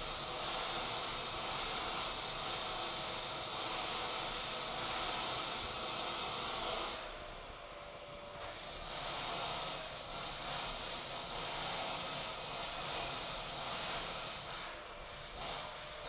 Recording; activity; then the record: daily activity, microphone in the room; vacuum cleaning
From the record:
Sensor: 5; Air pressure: 1010.3 hPa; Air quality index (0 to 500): 120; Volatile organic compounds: 2 ppm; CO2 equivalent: 1180 ppm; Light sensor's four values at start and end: 484/1234/511/569 and 484/1233/511/569